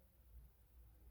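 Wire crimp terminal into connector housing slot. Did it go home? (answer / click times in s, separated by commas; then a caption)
no / none. A new wire's crimp terminal is lined up from the top and slid into the outcrop of position 7 in a connector housing, during a Corsa D fog light install. Only a faint low rumble and steady background hiss are heard. Nothing has clicked or seated yet.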